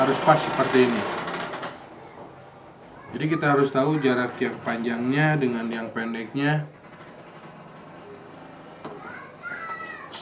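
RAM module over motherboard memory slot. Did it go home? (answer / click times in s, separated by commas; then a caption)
no / none. A RAM module is held over a motherboard memory slot while its notch is lined up with the key in the slot, matching the long side to the long side and the short side to the short side before it is pressed home. Someone talks throughout, with quieter stretches in between. Nothing has seated or clicked yet.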